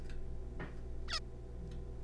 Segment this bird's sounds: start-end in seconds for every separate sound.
1.08-1.19